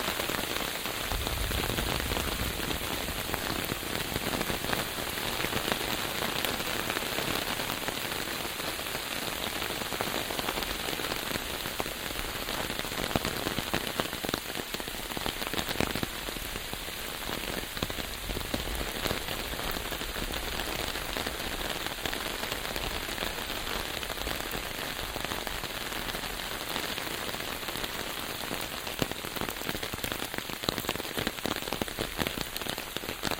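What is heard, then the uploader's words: Rain patters steadily on an umbrella overhead, a dense, even hiss with countless quick drops tapping across the whole half minute. Occasional heavier drops crackle a little louder, and a faint thin high tone hangs in the background throughout. Relaxing Walk in the Rain, Umbrella and Nature Sounds for Sleep and Relaxation _ 4k ASMR.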